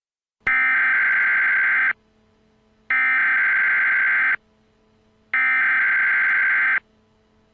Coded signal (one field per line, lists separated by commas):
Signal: Emergency Alert System (SAME) tones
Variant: header bursts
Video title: EAS Scenario Preview: Zombie Hell